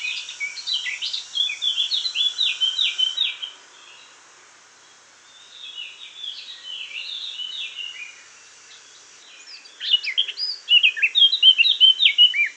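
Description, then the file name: Eurasian blackcap song: fast, varied chattering warble of high notes, loud for three seconds, quieter for a stretch, then a second loud burst of sharp slurred notes. "Sylvia atricapilla"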